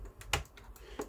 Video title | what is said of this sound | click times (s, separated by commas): nettoyage complet d'une ps4 pro ( model CUH-7216B ) | Donc on fait un petit peu levier pour déclipser. | 0.3 s